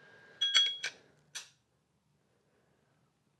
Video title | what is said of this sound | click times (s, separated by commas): Subaru Specialty Tools For the DIYer | all you do with this the two pins fit in on either side and lock | 0.4 s, 0.8 s